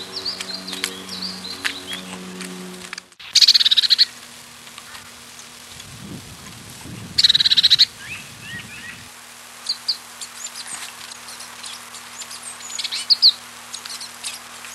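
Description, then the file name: Azure tit calls: two short dense trilled bursts, high-pitched and buzzy, after a low droning hum at the start, with faint soft twitters between. Recorded 30 April 1993. "Pcyanus 1 30 04 93"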